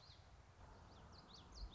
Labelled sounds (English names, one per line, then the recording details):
Common Yellowthroat
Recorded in Sonoma County, California